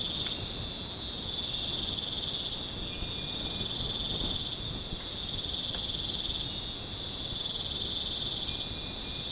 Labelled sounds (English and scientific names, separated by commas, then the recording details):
none
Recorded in pastures near Puerto Asís, Putumayo, Colombia, on 26 December 2024 at 00:30
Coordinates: 0.466, -76.322
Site G040